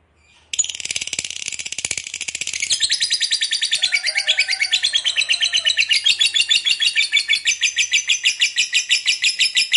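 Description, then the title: Lovebird song starting abruptly after half a second, then a long, fast run of harsh, high trilled notes pulsing rhythmically to the end. Fighter lovebird singing energetically, in the gacor style. "Berkat SUARA Lovebird FIGHTER GACOR Ini"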